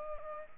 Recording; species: mosquito wingbeat signal from an infrared sensor; Culex pipiens